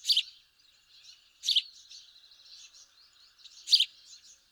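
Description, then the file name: House sparrow calls: three sharp, emphatic chirps at irregular intervals, with quieter twittering chatter filling the gaps. "Passer domesticus"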